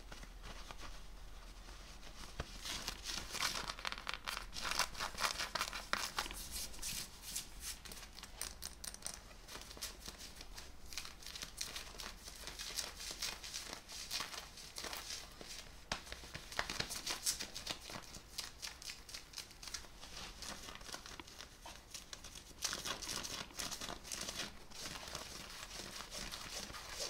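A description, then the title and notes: Fabric scratching, like fingers rubbing over denim and skin, runs for the whole half-minute as a dense, uneven stream of bright, rough scrapes. The strokes come in quick irregular bursts, with a few sharper crackles around seventeen seconds and a near-constant low hum underneath. ASMR - FABRIC SCRATCHING(Jeans shirt skin scratching, belt sounds).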